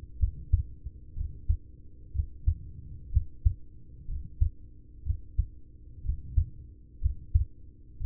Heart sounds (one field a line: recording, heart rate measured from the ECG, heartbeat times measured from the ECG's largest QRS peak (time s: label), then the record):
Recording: heart sounds by stethoscope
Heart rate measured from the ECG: 61 bpm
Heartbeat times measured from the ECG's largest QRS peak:
0.16 s: heartbeat
1.13 s: heartbeat
2.11 s: heartbeat
3.09 s: heartbeat
4.05 s: heartbeat
5.02 s: heartbeat
6.01 s: heartbeat
6.98 s: heartbeat
7.97 s: heartbeat
From the record:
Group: heart failure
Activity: rest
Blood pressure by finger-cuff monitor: 85/47 mmHg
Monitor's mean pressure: 59 mmHg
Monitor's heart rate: 61 bpm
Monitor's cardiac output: 5.6 L/min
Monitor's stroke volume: 92 mL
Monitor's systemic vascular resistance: 740 dyn s/cm5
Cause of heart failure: ischemic heart disease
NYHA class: 1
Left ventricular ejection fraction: 33%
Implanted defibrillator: present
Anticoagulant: apixaban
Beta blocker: carvedilol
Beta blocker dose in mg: 18.75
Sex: male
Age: 39 years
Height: 168 cm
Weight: 72 kg